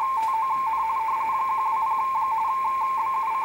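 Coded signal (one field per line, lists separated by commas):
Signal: RTTY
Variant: 45.45 baud, 170 Hz shift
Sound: rapid warbling between two close tones near 1 kHz, steady burbling teletype rhythm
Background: radio static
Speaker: they're actually two different tones and they are 170 htz apart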